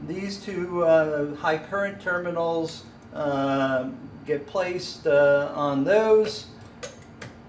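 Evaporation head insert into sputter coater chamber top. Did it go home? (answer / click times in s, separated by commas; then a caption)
yes / 7.2 s. An evaporation head insert is placed into the top of a Q150 sputter coater chamber, so that its two high-current terminals sit on the contacts. Someone talks through most of the clip. A single sharp tick at 7.2 seconds marks the head seating and locking into place.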